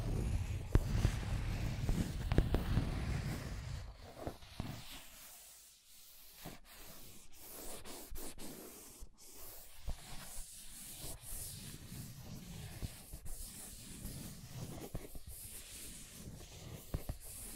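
Scratching and tracing sounds: dense rubbing strokes with a low rumble for the first four seconds, then lighter, irregular scrapes with brief pauses.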